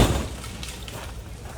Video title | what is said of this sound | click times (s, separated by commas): RV TEARDOWN CHECKLIST - RV TRAVEL DAY MISTAKES TO AVOID | I'm going to shut this I just do it from the middle and I just slam it really hard because if I don't these things won't latch | 0.6 s, 0.9 s